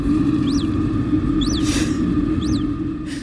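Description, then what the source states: Naked mole-rat soft chirps, three brief rise-and-fall chirps about one second apart, over a loud low hum and a steady mid tone. Soft chirp from a lab colony; each colony's soft chirp has a slightly distinct sound.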